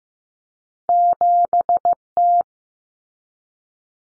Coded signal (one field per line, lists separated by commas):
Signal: Morse code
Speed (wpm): 15 wpm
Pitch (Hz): 700 Hz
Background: none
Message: 7T